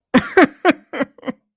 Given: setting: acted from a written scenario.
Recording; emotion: vocal sound without words; sadness